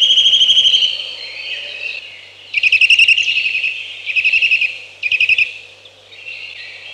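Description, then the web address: Eurasian nuthatch giving a fast, even trill of high piping notes, then three more rapid bursts of the same notes at short intervals. "Ptaki Kowalik"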